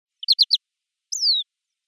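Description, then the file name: European greenfinch giving three quick sharp chirps followed by a single drawn-out whistle that slides downward, otherwise quiet. "Chloris chloris"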